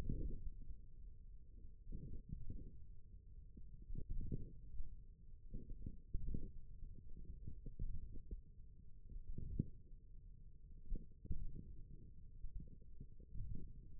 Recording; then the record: forearm muscle sounds (acoustic myography)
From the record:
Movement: thumb flexion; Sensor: system 1, eight BSWA MPA416 microphones around the upper forearm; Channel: 7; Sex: male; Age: 28 years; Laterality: right